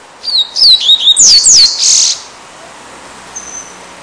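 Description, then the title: Double-collared Seedeater song, a quick phrase of high slurred whistles falling in pitch, ending in a short harsh buzz, then near silence. "Canto Coleiro"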